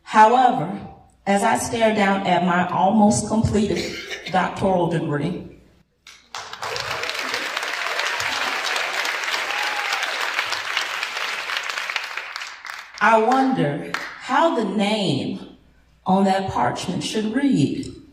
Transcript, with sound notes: However, as I stare down at my almost completed Doctoral degree [applause] I wonder how the name on that parchment should read.